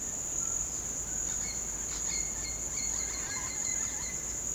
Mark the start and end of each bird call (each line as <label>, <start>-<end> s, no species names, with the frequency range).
bird call (1.1-5.4 kHz), 1.28-4.18 s